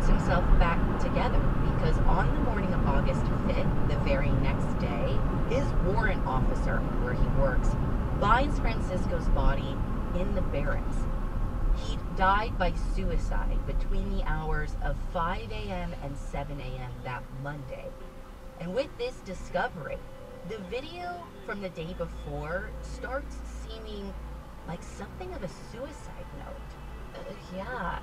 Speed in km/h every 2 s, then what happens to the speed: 64, 66, 58, 53, 48, 40, 29, 18, 11, 6, 0, 0, 0, 0.
2-19 brakes to 0. 19-28 standing.